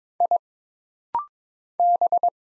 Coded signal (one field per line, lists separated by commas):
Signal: Morse code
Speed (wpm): 22 wpm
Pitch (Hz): 700 Hz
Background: none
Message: I B